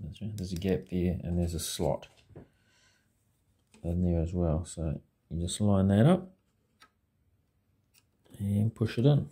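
A TP-Link TL-WN881ND PCIe Wi-Fi expansion card is lined up with the slot and gap in a Dell OptiPlex 980 desktop PC before being pushed in, while someone talks. Between the speech, small handling ticks are heard near 6.8 s and 8.0 s. Nothing has seated or clicked yet.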